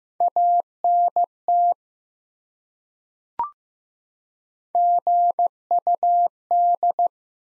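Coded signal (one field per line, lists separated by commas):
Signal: Morse code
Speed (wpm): 15 wpm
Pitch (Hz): 700 Hz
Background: none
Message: ANT GUD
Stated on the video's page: Morse code QSO elements sent at 15 wpm for head-copy practice, each sent, then spoken, then sent again.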